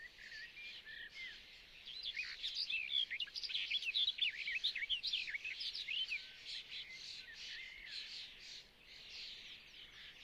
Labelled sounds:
Barred Warbler song

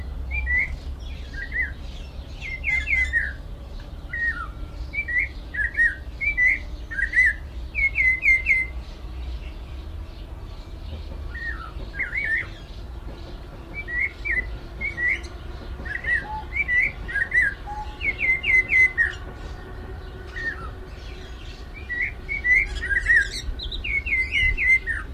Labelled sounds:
Vieillot's Barbet call

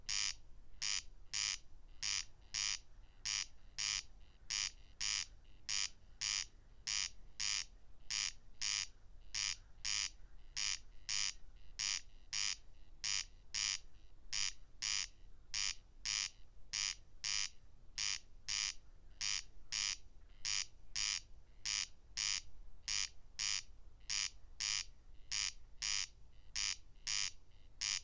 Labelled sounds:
Corn Crake song

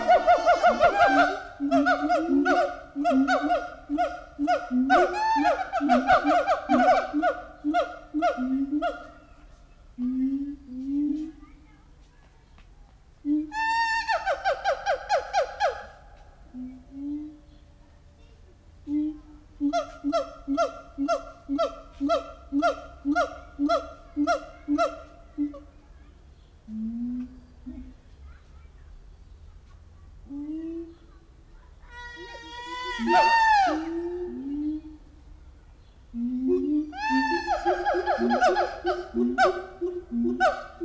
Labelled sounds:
Siamang

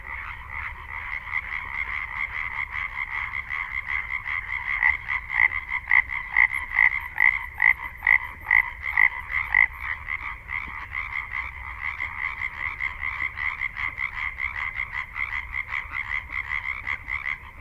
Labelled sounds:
Common Tree Frog call

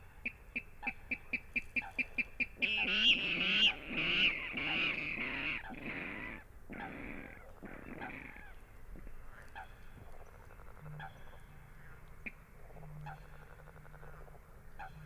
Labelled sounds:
Water Rail

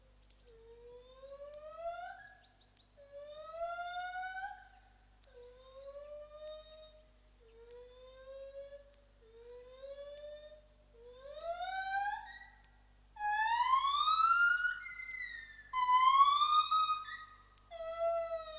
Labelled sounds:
Lar Gibbon call

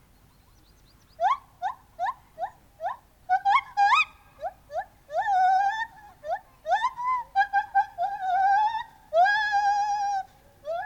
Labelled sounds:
Lar Gibbon

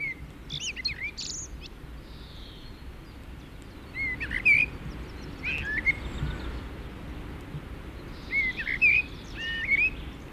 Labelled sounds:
Common Blackbird song

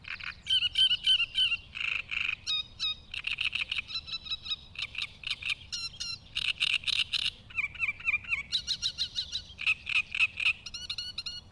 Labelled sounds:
Great Reed Warbler song

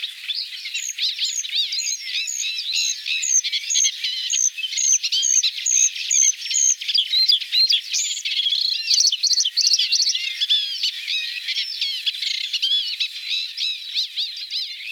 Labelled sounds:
Bluethroat song

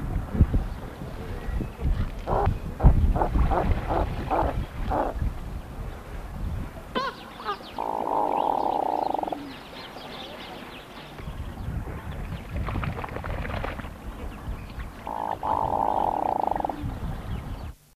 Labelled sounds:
Hooded Merganser call

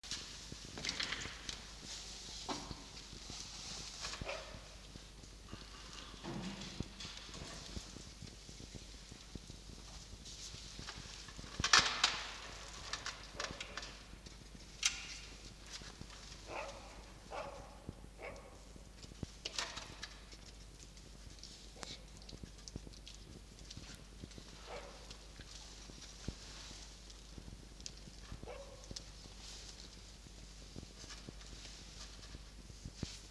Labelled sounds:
Red Fox

